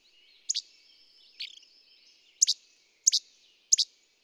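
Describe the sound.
Bird sounds: four high double chirps and one lower, buzzier call over a faint trilling background.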